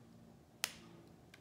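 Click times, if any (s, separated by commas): 0.6 s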